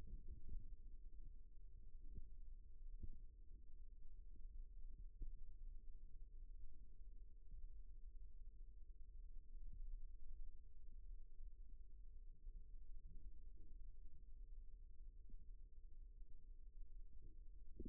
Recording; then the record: forearm muscle sounds (acoustic myography)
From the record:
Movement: rest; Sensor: system 1, eight BSWA MPA416 microphones around the upper forearm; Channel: 8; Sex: male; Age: 41 years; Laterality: right